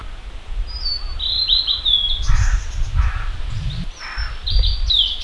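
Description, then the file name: Blue-and-white flycatcher song: clear high whistled phrases sliding downward, repeated in short bursts, with harsh crow-like caws and low rumble partway through. "ooruri"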